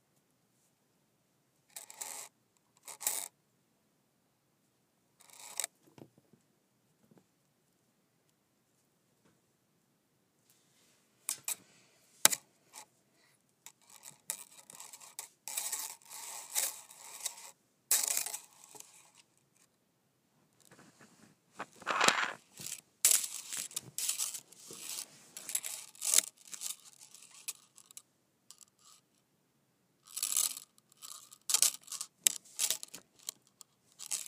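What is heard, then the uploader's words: A metal chain clinks and rattles in short, bright bursts, sparse for the first several seconds with silent gaps between. From about eleven seconds the handling grows busier and denser, with sharp louder clanks near 12 and 22 seconds. ASMR Metal Clinking Chain.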